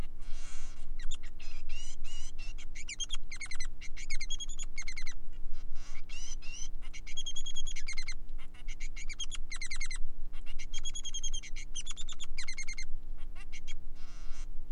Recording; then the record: song of a male Bengalese finch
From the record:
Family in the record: son of father 3